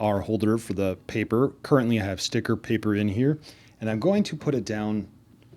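Someone talks while handling the plastic paper holder tray of a Liene PixCut S1 sticker photo printer, which has sticker paper loaded in it and has been taken out of its slot below the output opening. The tray is about to be pushed back into that slot, but nothing has clicked or seated yet by the end of the clip.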